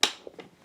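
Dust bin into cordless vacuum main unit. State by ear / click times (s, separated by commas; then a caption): seated / 0.0 s. A plastic dust bin is pushed onto the main body of a Vax ONEPWR Blade 3 cordless stick vacuum (2020) until it latches. A sharp, small click at 0.0 s is followed by faint, quieter taps near 0.3 s and 0.6 s. The bin seats and clicks into place.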